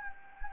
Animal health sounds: mosquito wingbeat signal from an infrared sensor; Anopheles gambiae

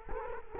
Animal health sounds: mosquito wingbeat signal from an infrared sensor; Culex quinquefasciatus

